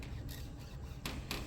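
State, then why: Seated. The edge of a mesh panel, black threads facing up, is tilted and pushed downward into an aluminum screen-printing frame. A sharp transient at 1.1 s is followed by a click at 1.3 s as the panel's locking bar engages and locks into the frame.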